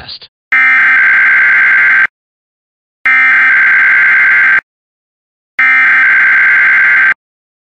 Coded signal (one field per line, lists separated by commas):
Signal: Emergency Alert System (SAME) tones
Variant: header bursts